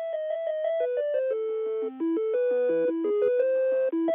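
Telephone hold music plays a Beethoven melody in thin, beepy electronic tones while a caller waits to be transferred, a steady stepwise tune of sustained notes that runs without pause and with no voices over it.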